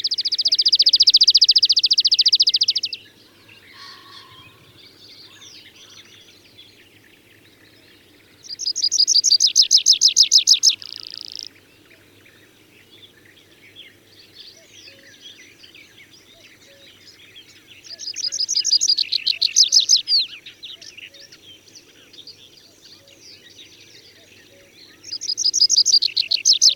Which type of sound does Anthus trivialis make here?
song